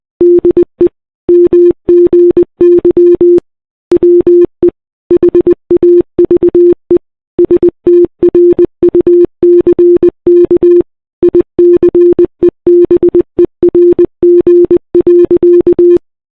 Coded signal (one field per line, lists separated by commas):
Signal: Morse code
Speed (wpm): 20 wpm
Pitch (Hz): 350 Hz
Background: none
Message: DE MGY WE HAVE STRUCK ICEBERG.